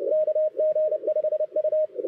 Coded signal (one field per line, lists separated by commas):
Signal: Morse code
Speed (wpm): 30 wpm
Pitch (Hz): 630 Hz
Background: radio noise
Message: KG5U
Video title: 6-6-24 cwt 0300 remote WRONG CLUSTER